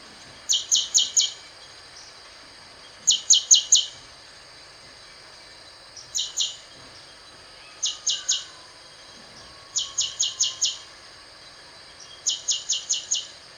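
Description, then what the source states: Rufescent prinia calling in quick bursts of two to five high, dry notes, each burst repeated roughly every two to three seconds over a faint background hiss. Subspecies dalatensis.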